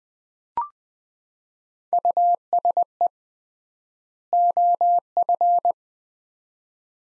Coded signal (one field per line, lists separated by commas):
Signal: Morse code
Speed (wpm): 20 wpm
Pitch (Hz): 700 Hz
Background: none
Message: USE OF